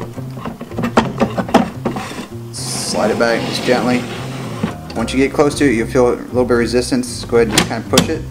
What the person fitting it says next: hear it click in that was both of those clips clicking into place